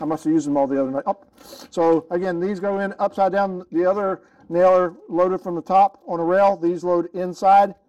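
A nail magazine pusher and handle are being worked into a pneumatic nailer while nails are loaded into the magazine, and someone talks throughout. The magazine is handled but has not locked yet, and nothing has seated or clicked by the end of the clip.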